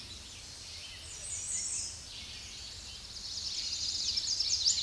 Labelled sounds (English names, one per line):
American Redstart song